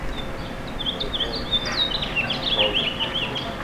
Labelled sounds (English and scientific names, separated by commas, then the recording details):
House Finch (Haemorhous mexicanus) song
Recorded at West Islip on Long Island, New York, on 18 May 2013
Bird J